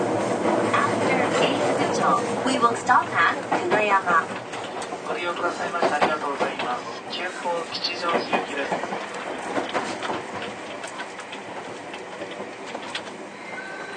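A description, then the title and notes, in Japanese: A Keio 1000 series train runs on the line between Shibuya and Kichijoji, its rolling rumble steady under a busy mix of clatter and voices. Chattering speech and sharp clicks crowd the first half, then thin out as the sound settles quieter toward the end. 京王1000系 渋谷〜吉祥寺。急行運用を録音しました。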